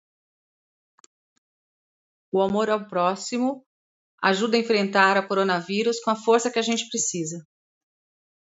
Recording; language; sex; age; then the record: spoken sentence; Brazilian Portuguese; female; 50 to 59 years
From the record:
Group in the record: control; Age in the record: 56 years